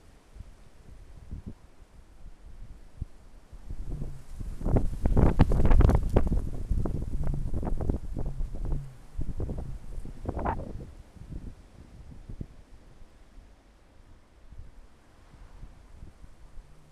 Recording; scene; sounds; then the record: everyday scene through a hearing-aid microphone; wind on the microphone; wind, traffic, birds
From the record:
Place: suburban garden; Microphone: behind the ear, left, rear